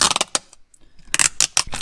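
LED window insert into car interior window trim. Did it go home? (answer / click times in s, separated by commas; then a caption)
no / none. A plastic LED window insert for a Toyota MR2 (SW20) is handled and pressed toward the car's interior window trim, with its LEDs facing the back. Bursts of sharp plastic rattling and clicking handling noise come early, then again from about 1.1 s onward, around a quieter gap. Nothing has seated or clicked yet.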